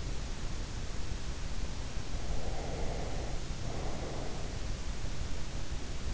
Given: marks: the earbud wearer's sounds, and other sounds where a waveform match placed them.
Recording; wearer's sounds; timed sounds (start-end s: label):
sounds in sleep by an in-ear microphone; breath
2.28-4.45 s: breath